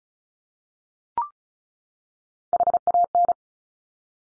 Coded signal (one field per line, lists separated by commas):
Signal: Morse code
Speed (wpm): 36 wpm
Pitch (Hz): 700 Hz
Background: none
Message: HAN